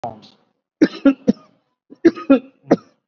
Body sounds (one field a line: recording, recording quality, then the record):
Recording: shallow voluntary cough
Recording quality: excellent, no background noise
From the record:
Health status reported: COVID-19 positive, mild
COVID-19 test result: positive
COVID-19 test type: RT-PCR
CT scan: not taken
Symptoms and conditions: diabetes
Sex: male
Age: 29 years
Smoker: no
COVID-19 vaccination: none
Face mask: not worn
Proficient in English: yes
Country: India